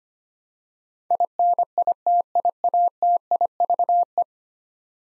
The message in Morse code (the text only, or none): INITIATIVE